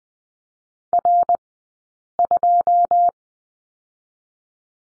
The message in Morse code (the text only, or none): R2